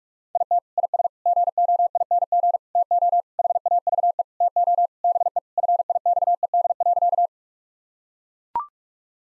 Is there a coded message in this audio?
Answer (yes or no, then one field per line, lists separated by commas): yes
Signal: Morse code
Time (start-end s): 0.4-7.3 s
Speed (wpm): 41 wpm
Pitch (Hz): 700 Hz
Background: none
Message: IT IS GOING TO HAVE TO BE FIXED.